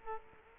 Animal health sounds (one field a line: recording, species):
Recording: mosquito wingbeat signal from an infrared sensor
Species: Culex quinquefasciatus